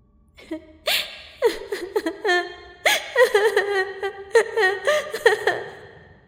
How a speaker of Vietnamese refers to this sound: Tiếng khóc của cô gái đang vang lên. Tôi nghe rõ tới mức như thể cô gái kia đang ở ngay bên cạnh tôi vậy.